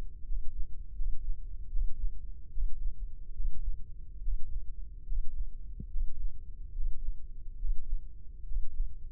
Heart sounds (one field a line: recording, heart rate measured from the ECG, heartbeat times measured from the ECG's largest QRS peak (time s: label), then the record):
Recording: heart sounds by microphone in the left ear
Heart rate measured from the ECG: 73 bpm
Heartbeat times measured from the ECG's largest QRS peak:
0.23 s: heartbeat
0.92 s: heartbeat
1.67 s: heartbeat
2.49 s: heartbeat
3.31 s: heartbeat
4.19 s: heartbeat
5.03 s: heartbeat
5.87 s: heartbeat
6.71 s: heartbeat
7.55 s: heartbeat
8.43 s: heartbeat
From the record:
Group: healthy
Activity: breath hold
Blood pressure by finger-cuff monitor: 116/73 mmHg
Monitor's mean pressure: 82 mmHg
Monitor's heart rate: 72 bpm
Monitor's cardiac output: 7.1 L/min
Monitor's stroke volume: 94 mL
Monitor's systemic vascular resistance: 840 dyn s/cm5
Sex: male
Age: 24 years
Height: 184 cm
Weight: 89 kg